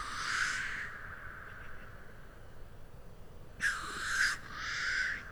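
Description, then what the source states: Black Grouse giving three hissing, sneezing blows, one at the start and two close together near the end, with quiet in between. Lekking birds in Sweden; display starts with a blowing sound that slowly builds up to cooing, with bass sounds of the wings audible.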